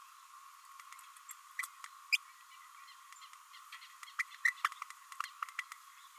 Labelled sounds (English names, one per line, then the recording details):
Green-rumped Parrotlet babbling
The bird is a female
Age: 26 days
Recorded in a nest box in Venezuela
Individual 17B32A7